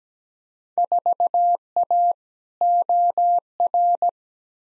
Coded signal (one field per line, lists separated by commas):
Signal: Morse code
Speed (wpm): 17 wpm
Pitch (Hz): 700 Hz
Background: none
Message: 4A OR